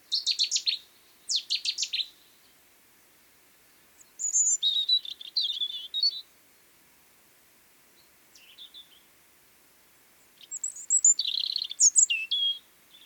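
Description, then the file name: European robin singing in separate high-pitched phrases, sharp sweeping notes and fluid twittering runs, with pauses between phrases. "Erithacus rubecula"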